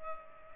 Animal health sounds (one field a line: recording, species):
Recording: mosquito wingbeat signal from an infrared sensor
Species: Culex pipiens